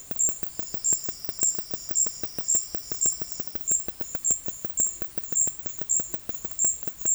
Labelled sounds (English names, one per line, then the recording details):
none
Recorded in dense forest near Puerto Asís, Putumayo, Colombia, on 20 February 2024 at 10:00
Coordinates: 0.487, -76.319
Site G6403